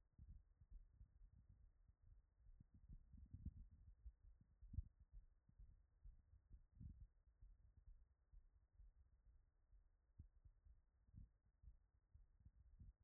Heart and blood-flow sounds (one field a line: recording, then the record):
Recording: heart sounds by stethoscope after running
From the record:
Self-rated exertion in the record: vigorous exertion (4 of 6)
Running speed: 10 mph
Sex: male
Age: 37 years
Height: 174 cm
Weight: 76 kg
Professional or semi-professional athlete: no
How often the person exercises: over 5 times a week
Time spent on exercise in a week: over 5 hours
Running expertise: yes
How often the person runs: 3 to 5 times a week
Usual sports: running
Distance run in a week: 70 km